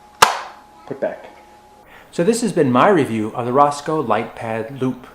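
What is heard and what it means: The magnetic inner filter ring is put back into the ringlight frame of a Rosco LitePad Loop, and it locks into place as its magnets line up, giving a single sharp snap at 0.2 s. A couple of faint handling sounds follow around 1 s, then someone talks from about 2.1 s on.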